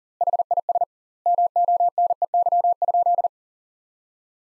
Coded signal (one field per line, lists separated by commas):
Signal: Morse code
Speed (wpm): 40 wpm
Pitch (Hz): 700 Hz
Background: none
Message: HIS MONEY?